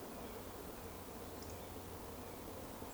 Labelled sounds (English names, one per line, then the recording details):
Eurasian Woodcock whistle
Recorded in Baden-Württemberg, Germany, on 11 June 2020 at 20:18 UTC
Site 14569, 102 m above sea level